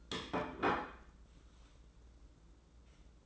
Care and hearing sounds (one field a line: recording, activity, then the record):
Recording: daily activity, microphone in the room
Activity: place plate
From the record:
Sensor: 3